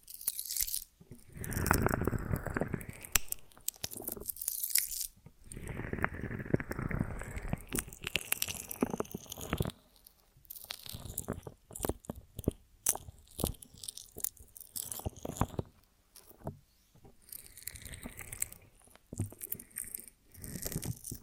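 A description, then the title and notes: Someone bites and chews a honeycomb on a branch: dense, wet crunching and sticky tearing in bursts. The heaviest chewing comes in the first ten seconds, with short pauses near 5 and 10 seconds. Sparser, crisper crunches and clicks follow, building again near the end. ASMR of a Honeycomb on Branch (No Talking).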